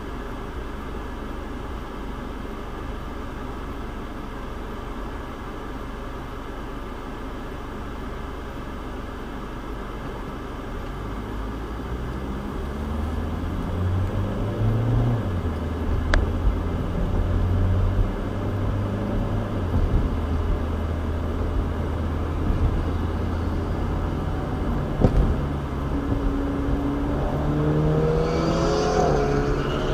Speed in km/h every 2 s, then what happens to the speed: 0, 0, 0, 0, 0, 10, 24, 37, 45, 53, 60, 64, 68, 71, 72.
0-9 standing. 9-30 pulls away to 72.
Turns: none.